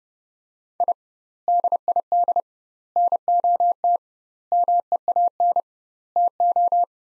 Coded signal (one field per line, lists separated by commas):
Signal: Morse code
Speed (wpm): 30 wpm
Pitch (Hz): 700 Hz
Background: none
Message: I DID NOT MEAN TO